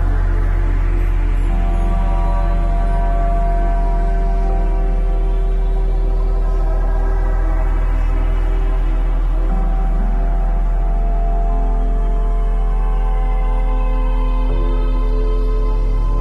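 A blend of steady tones at 174Hz, 417Hz and 741Hz holds without a break for the whole stretch, over a deep, constant hum. Many thin, bright overtones shimmer above it, and the low layer shifts slightly near fourteen seconds.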